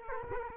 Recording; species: mosquito wingbeat signal from an infrared sensor; Culex quinquefasciatus